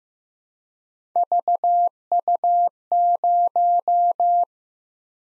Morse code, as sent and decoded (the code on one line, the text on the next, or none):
...- ..- -----
VU0